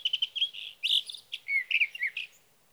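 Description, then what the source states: Sage thrasher song fragment: quick repeated notes, then slurred whistles and a few rising and falling phrases, ending in quiet. Male singing through the night near his night roost, evening June 12 to morning June 15, 2018, Sierra Valley, California; recorded on a Swift recorder.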